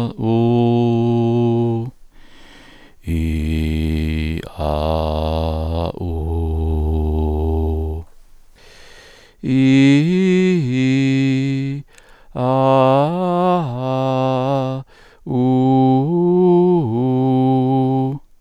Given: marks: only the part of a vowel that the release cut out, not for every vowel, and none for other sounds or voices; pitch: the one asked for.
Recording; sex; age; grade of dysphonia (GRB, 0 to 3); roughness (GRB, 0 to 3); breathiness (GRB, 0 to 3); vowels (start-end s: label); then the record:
sustained vowels; male; 40 to 49 years; 1; 1; 1
0.34-1.73 s: vowel /u/, high pitch
3.17-4.31 s: vowel /i/, low pitch
4.69-5.81 s: vowel /a/, low pitch
6.10-7.86 s: vowel /u/, low pitch
9.60-11.57 s: vowel /i/, low-high-low pitch
12.52-14.61 s: vowel /a/, low-high-low pitch
15.55-17.54 s: vowel /u/, low-high-low pitch
From the record:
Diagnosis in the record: contact pachydermia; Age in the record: 47 years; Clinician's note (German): Kontaktpachydermie ohne "Kontaktpachydermie"